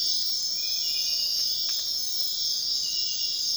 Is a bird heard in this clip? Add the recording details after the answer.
no. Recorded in dense forest near Puerto Asís, Putumayo, Colombia, on 18 February 2024 at 05:00. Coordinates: 0.499, -76.324. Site G6469